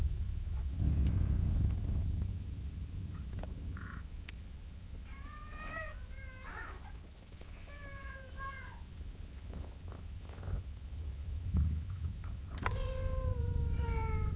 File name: Cat gently meowing and purring in long intervels